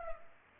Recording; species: mosquito wingbeat signal from an infrared sensor; Culex pipiens